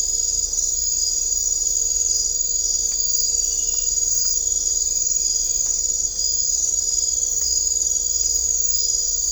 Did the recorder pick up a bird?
no